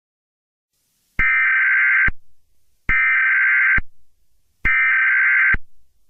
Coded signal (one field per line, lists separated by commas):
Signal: Emergency Alert System (SAME) tones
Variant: header bursts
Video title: EAS Mock